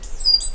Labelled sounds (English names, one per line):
Stitchbird song